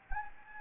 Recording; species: mosquito wingbeat signal from an infrared sensor; Anopheles gambiae